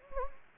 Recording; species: mosquito wingbeat signal from an infrared sensor; Anopheles gambiae